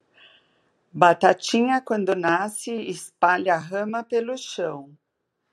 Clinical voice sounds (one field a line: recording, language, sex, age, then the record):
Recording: short text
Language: Brazilian Portuguese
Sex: female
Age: 50 to 59 years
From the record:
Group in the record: control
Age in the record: 59 years